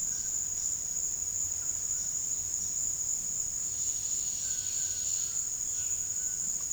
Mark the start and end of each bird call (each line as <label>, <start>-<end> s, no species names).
bird call, 0.00-0.80 s
bird call, 1.56-2.01 s
bird call, 4.29-6.72 s